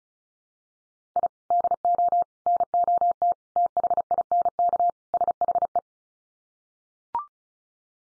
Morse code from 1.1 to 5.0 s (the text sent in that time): I DO NOT THINK